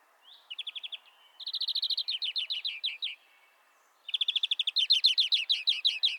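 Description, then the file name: European greenfinch calls as quick rolling trills, a short burst then two longer, undulating series of rapid notes. "Chloris chloris"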